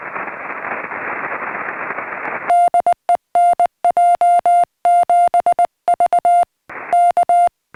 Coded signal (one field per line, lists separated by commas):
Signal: Morse code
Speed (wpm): 22 wpm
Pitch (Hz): 690 Hz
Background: music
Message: DE NJ7V K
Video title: How to Choose Your SOTA Pack